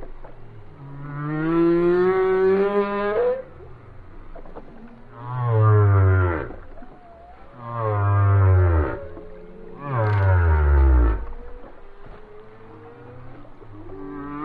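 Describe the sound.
Whale song of a rising harmonic moan followed by three deep, downward-sweeping groans, with faint whistles between.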